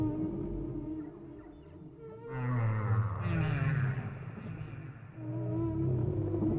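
Whale vocalizations: a low harmonic moan that swells in the middle, wavering tonal notes, then a steady hum continuing to the end.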